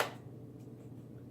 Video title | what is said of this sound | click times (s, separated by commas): NERF Loot Unboxing and Review!! from lightake.com | But, yeah, it doesn't lock in or anything like that. | none